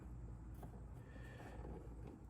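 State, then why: Not seated. A plastic harness clip is lined up with the two guide channels of a sequential third brake light housing for a Jeep Gladiator before being pushed in. A steady low rumble runs throughout, with a brief faint handling tick at 0.6 s. Nothing has seated or clicked yet.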